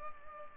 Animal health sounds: mosquito wingbeat signal from an infrared sensor; Culex pipiens

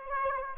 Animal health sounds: mosquito wingbeat signal from an infrared sensor; Aedes aegypti

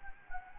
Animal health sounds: mosquito wingbeat signal from an infrared sensor; Anopheles gambiae

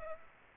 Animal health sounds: mosquito wingbeat signal from an infrared sensor; Aedes aegypti

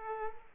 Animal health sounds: mosquito wingbeat signal from an infrared sensor; Aedes aegypti

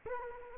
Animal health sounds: mosquito wingbeat signal from an infrared sensor; Culex quinquefasciatus

